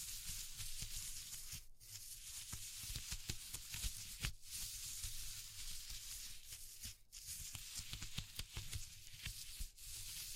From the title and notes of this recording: ASMR Exploring Textures (No Talking).